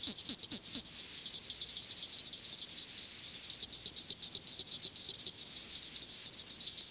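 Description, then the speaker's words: Southern cricket frog: continuous high clicking pulses, with a few lower knocking notes near the start. Abundant statewide in Florida and heard year-round; call likened to the sound of two marbles struck together. "Its call has been likened to the sound produced by striking two marbles together."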